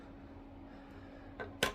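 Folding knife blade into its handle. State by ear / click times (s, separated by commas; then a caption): seated / 1.6 s. A Buck slip joint pocket knife blade is folded shut into its handle against the backspring. After a low, steady hum, a softer tick comes at about 1.4 s, then the blade snaps closed with a sharp, bright click at 1.6 s. The blade is seated in the closed position.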